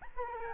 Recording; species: mosquito wingbeat signal from an infrared sensor; Aedes albopictus